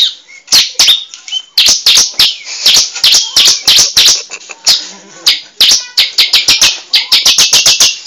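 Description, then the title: Bar-winged prinia singing a rapid, dense run of piercing high chips and sweeping notes, nearly continuous and tumbling over each other, speeding up toward the end. "Suara Burung Ciblek"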